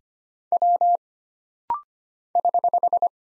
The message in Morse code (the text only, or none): W <HH>